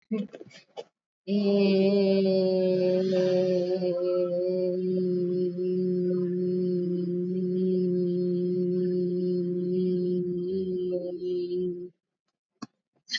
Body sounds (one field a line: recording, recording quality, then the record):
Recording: sustained vowel as in made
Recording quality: excellent, no background noise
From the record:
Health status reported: recovered from COVID-19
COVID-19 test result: negative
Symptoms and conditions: cough, fever, muscle pain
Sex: female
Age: 36 years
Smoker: not ticked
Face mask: worn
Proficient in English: yes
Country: India